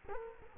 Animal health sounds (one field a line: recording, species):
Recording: mosquito wingbeat signal from an infrared sensor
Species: Culex quinquefasciatus